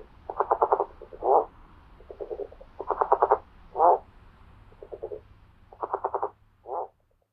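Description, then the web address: California red-legged frog calling: stuttering series of rapid pulses, some followed by a short grunting note, repeated several times over low hum. North America. "Songs of Frogs Toads of North America. California Red-legged Frog"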